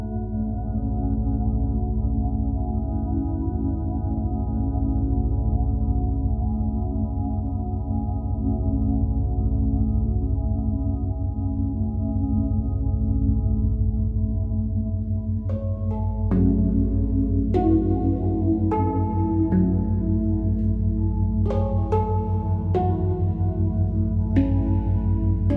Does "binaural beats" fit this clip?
yes